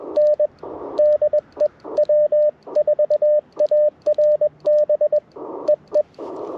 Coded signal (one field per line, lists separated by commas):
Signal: Morse code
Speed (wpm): 21 wpm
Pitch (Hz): 590 Hz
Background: radio noise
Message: N DE W4ARB EE